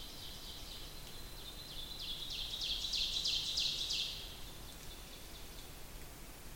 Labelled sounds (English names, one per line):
Ovenbird song